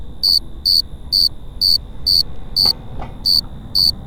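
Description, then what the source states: Cricket chirps repeated roughly twice per second, slightly uneven, with a faint steady high tone and a couple of soft clicks in the background. Crickets at Cerro Gordo, León, Guanajuato, Mexico, 18 April 2019, 9:19 p.m.; recorded close to several crickets with a Tascam DR-05X built-in microphones and WS-11 windshield.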